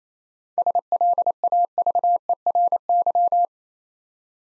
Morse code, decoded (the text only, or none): SLAVERY